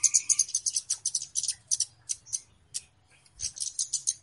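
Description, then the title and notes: Flowerpecker calls: rapid, sharp, high clicking notes, about four a second, in uneven bursts with a short break near the middle. Lure call used for bird catching (pikat, pancing). "Kicau Pancing Burung Kemade ( Cabe Cabean). Suara Burung Cabe Cabean Pikat"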